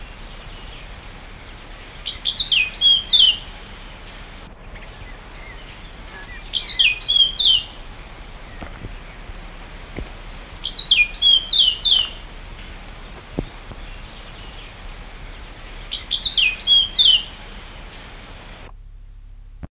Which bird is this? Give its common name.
Eurasian Blackcap